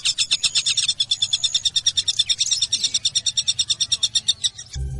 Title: kicau gelatik